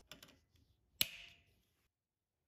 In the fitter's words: it will snap into place